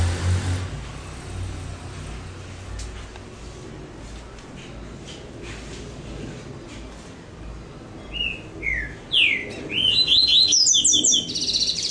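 Double-collared seedeater song, a quick burst of clear slurred whistles and twittering notes in the final seconds after a long stretch of low background hiss.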